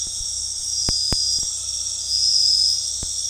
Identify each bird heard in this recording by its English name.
none